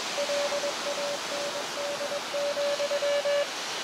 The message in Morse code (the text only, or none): LAND,